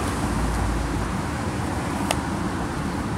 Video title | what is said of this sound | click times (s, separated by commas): Got my Order from BrotherHood Products (Featured in Video Last Week) | pops right in there | 2.1 s